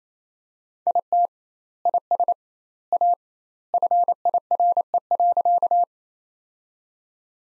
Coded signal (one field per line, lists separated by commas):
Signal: Morse code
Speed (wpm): 28 wpm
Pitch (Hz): 700 Hz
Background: none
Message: IT IS A FIRE.